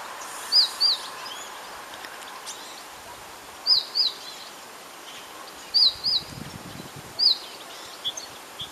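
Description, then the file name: Great tit giving high, thin chirps in pairs, repeated a few times with pauses between, against constant hiss. "Parus major"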